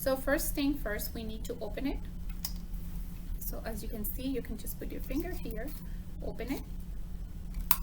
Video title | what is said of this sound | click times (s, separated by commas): Inhaled Medications | make sure it clicks. | 7.7 s